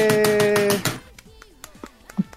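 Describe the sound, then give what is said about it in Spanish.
A quick burst of rhythmic hand-clap applause, loud and regular for under a second over a steady tone, then fading into quieter voices talking. “¡Aplauso!”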